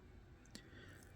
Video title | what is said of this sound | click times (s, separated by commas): Build #1235 - Porsche Racing - Joudrey | And how you do that is you back the crown off the threads until you hear it and feel it clicking. | 0.6 s